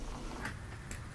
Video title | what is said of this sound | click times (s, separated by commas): Changing the Plug & Coil packs on 2004 Camry | and this is installing it which is much easier listen for that click | 0.9 s